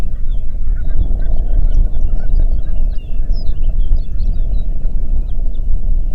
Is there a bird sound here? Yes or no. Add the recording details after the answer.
yes. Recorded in the Prudhoe Bay oil fields, Alaska, on 8 June 2019 at 04:27. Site 30